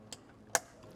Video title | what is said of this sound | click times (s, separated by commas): How To Set Up Your VH3630 Vapor Blasting Machine! | And that's what you want to hear. You want to hear it click, because if it's not clicked, then it's probably not locked. | 0.5 s